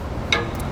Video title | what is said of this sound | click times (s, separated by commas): How to Change a Battery on the Viking™ 1840 Welding Helmet | and you'll feel it click | 0.3 s